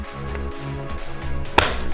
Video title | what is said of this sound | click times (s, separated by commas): Blazin' Wheels 12V - 2 seater kids Beach Buggy unboxing and review | So how we want to put them on is basically just put them in and it snaps into place | 1.6 s